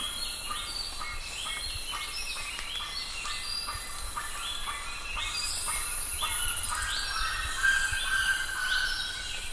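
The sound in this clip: Bird calls, many short upward-sweeping notes repeated rapidly at varied pitches over a steady background hiss.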